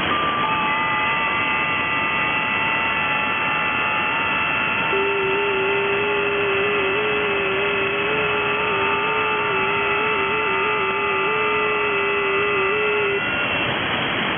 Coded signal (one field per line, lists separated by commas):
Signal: FT8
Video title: 7073T 30m 15th Nov 2023 Socotra Island Yemen 4180 miles (6727 km)